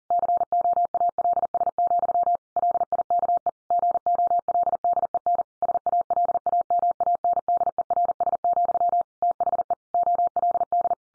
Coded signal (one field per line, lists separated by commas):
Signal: Morse code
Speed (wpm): 40 wpm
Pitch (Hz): 700 Hz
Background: none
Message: COALS, LIKE GOLDEN SALAMANDERS, THE OLD